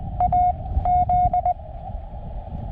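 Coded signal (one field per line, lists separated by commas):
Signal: Morse code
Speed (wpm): 20 wpm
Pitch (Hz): 720 Hz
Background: none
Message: A Z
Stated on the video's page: Paddle-sent Morse from a Summits on the Air activation of Needle Mountain, full activation with unedited QSOs and paddle miscues.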